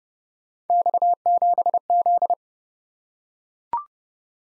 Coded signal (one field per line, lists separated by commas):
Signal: Morse code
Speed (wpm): 30 wpm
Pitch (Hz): 700 Hz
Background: none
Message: X7Z